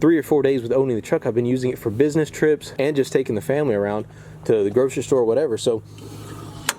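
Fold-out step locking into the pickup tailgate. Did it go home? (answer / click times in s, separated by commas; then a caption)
yes / 6.7 s. A man talks about using his 2019 Ford F-250 Platinum 6.7L Powerstroke pickup for business trips and family errands, with quieter background noise after about 5.8 seconds. At 6.7 s, a sharp metal clunk is heard as the fold-out tailgate step locks into its open position.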